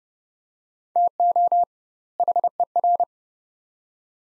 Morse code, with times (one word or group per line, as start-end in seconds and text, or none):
1.0-1.6 TO
2.2-3.0 HER